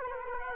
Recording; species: mosquito wingbeat signal from an infrared sensor; Culex quinquefasciatus